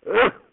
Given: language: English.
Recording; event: throat vibration sensor signal played as sound; cough